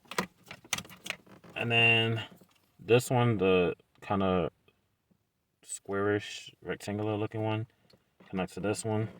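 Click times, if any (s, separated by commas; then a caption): 0.7 s. The plastic 5910 wiring adapter plug is pushed into its mating vehicle harness plug during a Vios Gen 2 aftermarket radio install, with a few light plastic taps and rattles. A sharp click at 0.7 s marks the plug locking in place, fully seated. Someone then talks.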